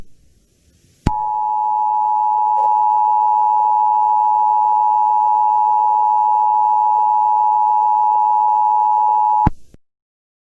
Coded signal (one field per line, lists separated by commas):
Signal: Emergency Alert System (SAME) tones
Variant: 853 and 960 Hz attention tone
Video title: Online Radio Relay Mayhem | EAS 78-89